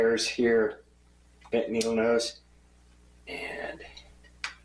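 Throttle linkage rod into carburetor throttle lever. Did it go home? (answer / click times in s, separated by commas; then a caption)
yes / 4.4 s. A throttle linkage rod is fitted into the carburetor throttle lever of a Stihl MM55 tiller using needle-nose pliers. Someone talks in bursts, and a sharp click at 4.4 s marks the linkage popping into place. The first try did not go in because it was not turned enough, but the rod is now seated.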